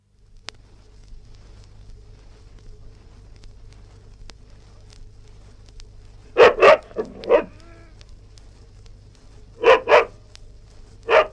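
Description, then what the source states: West Highland white terrier barking: a quick burst of three sharp barks, a short pause, then two more and a final single bark, over low hum. Barking recorded indoors.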